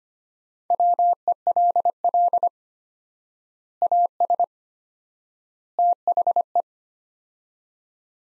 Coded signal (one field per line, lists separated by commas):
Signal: Morse code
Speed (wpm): 25 wpm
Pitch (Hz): 700 Hz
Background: none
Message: WELL AS THE